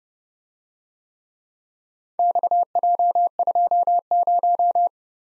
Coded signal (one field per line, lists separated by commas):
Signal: Morse code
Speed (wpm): 29 wpm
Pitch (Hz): 700 Hz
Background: none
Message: XJ20